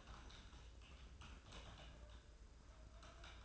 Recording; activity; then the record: daily activity, microphone in the room; typing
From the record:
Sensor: 2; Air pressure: 994.3 hPa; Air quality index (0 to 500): 210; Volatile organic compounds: 1000 ppm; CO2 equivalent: 6917 ppm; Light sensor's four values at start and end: 53/124/53/54 and 54/125/53/54